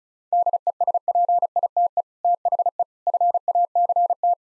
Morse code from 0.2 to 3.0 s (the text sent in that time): DESPITE THE